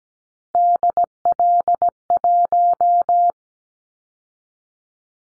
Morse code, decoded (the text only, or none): DL1